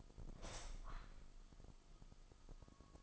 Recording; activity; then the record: daily activity, microphone in the room; open window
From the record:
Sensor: 5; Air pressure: 1004.7 hPa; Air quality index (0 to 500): 81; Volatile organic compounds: 1 ppm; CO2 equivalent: 973 ppm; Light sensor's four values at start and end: 34/79/32/31 and 34/79/32/31